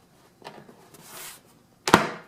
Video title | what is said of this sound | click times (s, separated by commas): RDWC Room Build Day 2 | pops right in there | 1.9 s